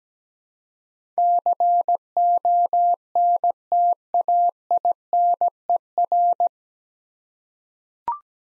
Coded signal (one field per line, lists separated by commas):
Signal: Morse code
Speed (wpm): 17 wpm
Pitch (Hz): 700 Hz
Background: none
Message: CONTAINER